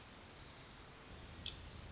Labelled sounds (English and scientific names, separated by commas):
Orange-crowned Warbler (Leiothlypis celata)